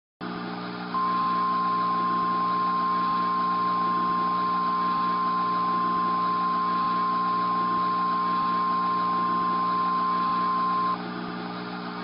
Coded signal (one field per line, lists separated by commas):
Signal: Emergency Alert System (SAME) tones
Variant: 1050 Hz attention tone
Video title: EAS Scenario #1 - Supercyclone